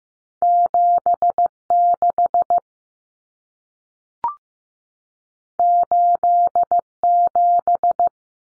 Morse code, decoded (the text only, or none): 76 87